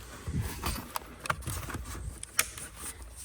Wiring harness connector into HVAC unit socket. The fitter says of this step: all right got to click